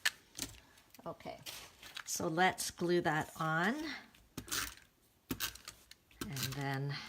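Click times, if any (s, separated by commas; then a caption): 0.1 s. A new plastic refill cartridge is slipped into a tape-runner adhesive dispenser and clicks into place at 0.1 s with a sharp snap, seating it. Someone then talks, with a few more short taps and clicks between the words.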